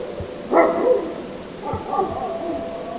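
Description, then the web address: Grey wolf giving two howling calls, the second longer, over background hiss. "hlehto aania Susi"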